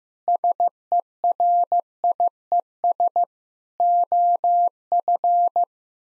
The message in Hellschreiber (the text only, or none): none